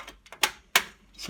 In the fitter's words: I get these little tabs snapped in place but you've got to make sure that these ceramic